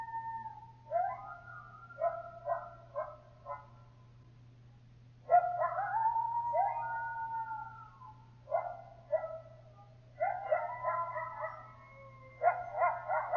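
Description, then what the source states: Coyotes give bursts of rapid yips, a pause, then long sliding howls and more yipping clusters, with a constant low hum in the background. Several coyotes.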